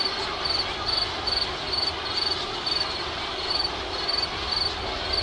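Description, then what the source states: Crickets giving short, high chirps, a little over two a second, above a thick continuous background buzz. On an island.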